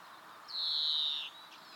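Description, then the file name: European greenfinch giving a single drawn-out, buzzy wheeze that falls slightly in pitch, lasting under a second, over quiet background hiss. "Chloris chloris"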